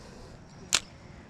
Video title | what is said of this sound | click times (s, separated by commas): A Honest Review Of Lews Mach 1 Speed Stick By Yours Truly | the bale has a nice click to it | 0.8 s